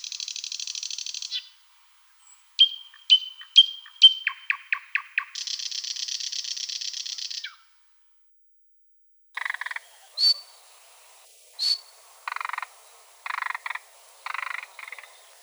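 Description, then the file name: Thrush nightingale song: a high buzzy trill, clear whistled notes, a run of sharp clicking strokes, a long dry rattle, then scattered chirps and churrs after a short pause. "solovey obyknovennyy golos"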